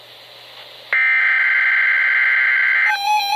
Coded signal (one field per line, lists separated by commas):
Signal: Emergency Alert System (SAME) tones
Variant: header bursts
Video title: Required Weekly Test - 08/15/12 (EAS #305)